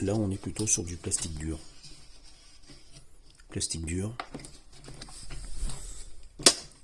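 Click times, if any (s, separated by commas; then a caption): 6.5 s. Someone talks while handling a hard-plastic fastening clip on a TiTAN 1200 W vacuum cleaner's drum/head, the kind of fixing ear that had been fragile on a previous vacuum. The clip is closed and snaps shut with a sharp, loud click at 6.5 s, and it seats firmly.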